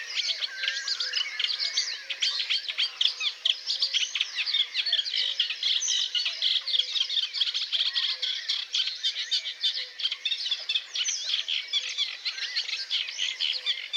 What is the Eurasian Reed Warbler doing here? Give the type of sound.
song